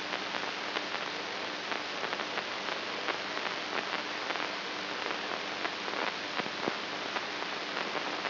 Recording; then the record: brain microelectrode recording played as sound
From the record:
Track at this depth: outside the subthalamic nucleus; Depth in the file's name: 6.108 mm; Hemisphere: right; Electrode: 2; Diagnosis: Parkinson's disease